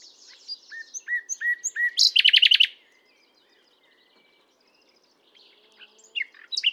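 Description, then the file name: Common nightingale song: a run of whistled notes, then a loud rapid rattling burst of repeated notes, a pause, and fainter twittering phrases returning near the end. "Luscinia megarhynchos"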